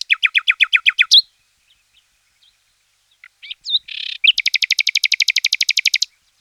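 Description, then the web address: Common nightingale singing a quick run of repeated notes, a brief pause with scattered calls and a rasping burst, then a long, very fast rattling trill. Recorded in 2004. "singvoegel. gesang. roche 2004 nachtigall"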